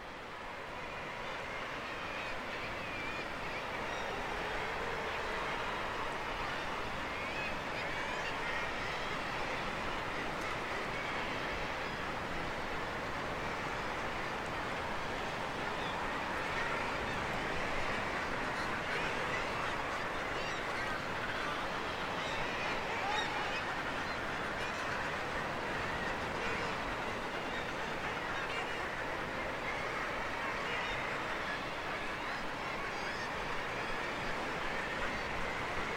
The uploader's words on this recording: The evocative chatter of a huge seabird colony. The wild cliffs of Handa, off the coast of Sutherland, and the swirling whirling city of seabirds. The noise is constant as birds constantly commute between cliffs and the wider ocean to feed. Recorded by Fergus Collins. Guillemots, razorbills and fulmars jostle for the best spots to nest.